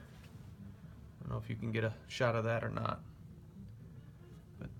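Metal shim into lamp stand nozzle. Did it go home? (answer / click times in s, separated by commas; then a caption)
yes / 4.6 s. Someone talks while a metal shim is worked into an indentation in the nozzle of a Hollywood boom-stand lamp. A faint click at 4.6 s marks the shim locking into place in the nozzle.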